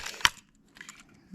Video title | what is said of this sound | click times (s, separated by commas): A Slightly Delayed Package from The MilanToon Channel (AEG Construction Engines Double Review) | and we heard the little snap of plastic let's | 0.2 s